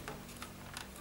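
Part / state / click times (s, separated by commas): control circuit board into its housing clips in a tumble dryer / not seated / none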